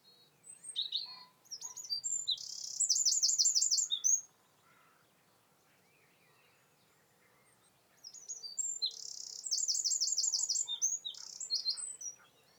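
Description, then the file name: Eurasian wren singing two bursts of loud, high, rapid trills and twitters, each about four seconds long, with a quiet pause between them. "Troglodytes troglodytes"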